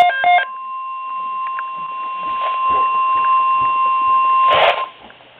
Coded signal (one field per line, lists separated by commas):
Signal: Emergency Alert System (SAME) tones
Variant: 1050 Hz attention tone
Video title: Flood Watch (EAS #44)